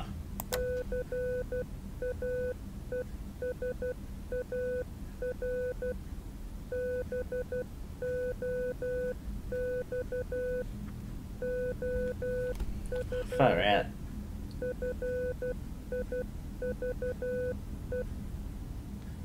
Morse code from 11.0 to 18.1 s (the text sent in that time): OF FIVE